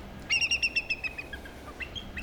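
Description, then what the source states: Bald eagle call: a thin, high series of several quick piping chirps over a steady hiss, with fainter notes after. The eagle is described as significant because it is a protector.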